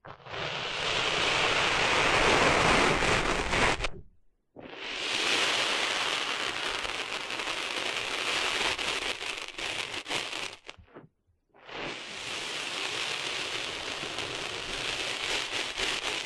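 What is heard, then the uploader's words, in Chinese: Sand rustles in a dense, bright hiss, like grains pouring or being scuffed. It comes in three long stretches, broken by short silences around four and eleven seconds, and the middle stretch flickers with small crackly pulses before fading. 沙沙沙…沙滩的沙沙声。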